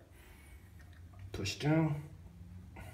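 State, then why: Not seated. Someone talks while the plastic top cap of a toilet fill valve is handled over the fill valve body, to be pushed down and turned clockwise like a child-proof pill bottle cap until it locks. Only faint handling noises are heard, a short tap near 0.9 s and a louder rustle near 2.8 s. Nothing has seated or clicked yet.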